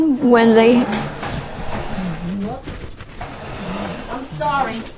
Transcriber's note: something dragging in the background